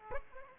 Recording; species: mosquito wingbeat signal from an infrared sensor; Aedes aegypti